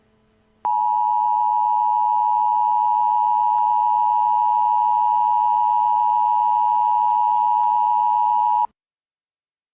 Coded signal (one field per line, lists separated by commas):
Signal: Emergency Alert System (SAME) tones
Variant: 853 and 960 Hz attention tone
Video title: EAS Scenario : EAS CHANNEL.